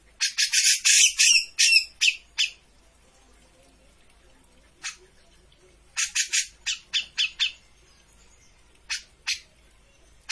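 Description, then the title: Grey-cheeked bulbul giving harsh, scratchy chattering bursts at the start, then a long pause broken by scattered short rasping notes and brief renewed bursts. Master for bird training; singing actively (gacor). "Cucak Jenggot Gacor. Masteran burung cucak jenggot ! Suaka burung"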